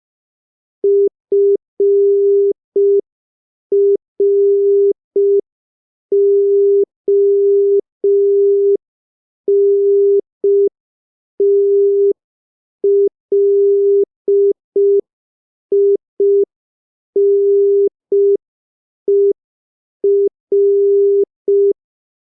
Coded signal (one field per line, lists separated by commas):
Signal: Morse code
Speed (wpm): 5 wpm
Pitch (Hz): 400 Hz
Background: none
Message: FRONTLINER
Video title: Morse Code Practice #6 (5wpm)